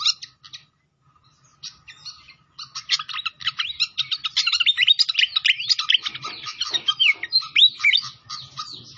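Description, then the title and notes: Pied fantail song builds from a few sparse chips into a rapid, continuous chatter of squeaky, slurred whistles. Masteran training recording of clear-voiced singing, mixed with the sound of flowing water. "Masteran Sikatan Kipas Suara Jernih Dan Suara Gemericik Air. Suara Burung Sikatan Londo"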